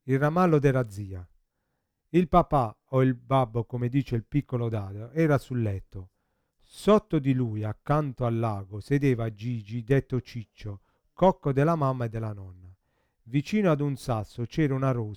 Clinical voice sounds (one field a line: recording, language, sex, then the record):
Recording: read passage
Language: Italian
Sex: male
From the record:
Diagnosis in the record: Parkinson's disease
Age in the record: 50 years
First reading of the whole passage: 72 s, 7.2 characters per second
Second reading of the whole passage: 54 s, 9.6 characters per second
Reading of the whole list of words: 40 s, 7.1 characters per second